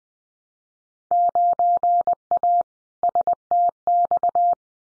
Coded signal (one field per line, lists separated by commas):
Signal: Morse code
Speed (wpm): 20 wpm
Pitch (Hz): 700 Hz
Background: none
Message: 9A STX